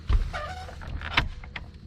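A vinyl siding panel is slid along and pushed up into J-channel trim until it locks. Low rumbling and scraping lead to sharp snaps at about 1.2 s and 1.6 s, and the panel is seated.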